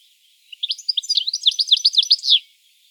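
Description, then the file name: European goldfinch giving a short, hurried burst of high tinkling and twittering notes lasting about two seconds. "Carduelis carduelis"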